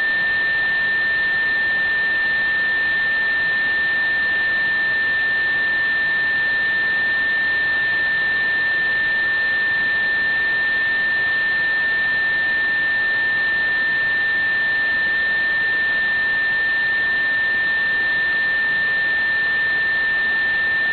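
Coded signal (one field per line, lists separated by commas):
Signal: JT65, JT9 or WSPR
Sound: a single steady, unwavering whistle-like tone held for the whole clip over hiss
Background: radio static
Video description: Currently VK4ADC's transmissions consist of one WSPR cycle, an odd and even FT8 ID and a CW ID sequentially. My receiver was slightly off frequency during this recording so I was unable to decode the WSPR.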